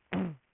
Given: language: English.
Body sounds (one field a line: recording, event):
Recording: throat vibration sensor signal played as sound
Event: throat clearing